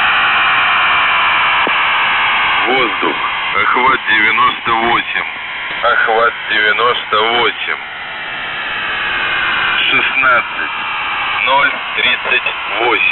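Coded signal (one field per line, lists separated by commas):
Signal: coded military voice message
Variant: The Goose, Russian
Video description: "The Goose" is a Russian military radiostation that broadcasts on 4310 kHz at daytime and on 3243 kHz at nighttime.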